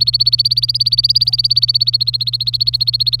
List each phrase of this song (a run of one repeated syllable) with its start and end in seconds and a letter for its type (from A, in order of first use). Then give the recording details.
0.00-3.20 A. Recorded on 27 April 2018 at 15:41. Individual llb3